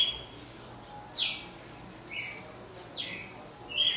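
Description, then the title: Red-cowled cardinal song: soft, slurred whistled notes, each under half a second, spaced about one second apart over a quiet hiss. Female bird singing in a contest, recorded after the moult. "Canto Galo Campina Fêmea. GALO DE CAMPINA DEPOIS DA MUDA (disputa)"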